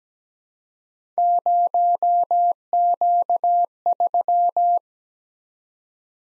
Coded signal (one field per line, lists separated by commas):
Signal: Morse code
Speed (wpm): 17 wpm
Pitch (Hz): 700 Hz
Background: none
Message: 0Q3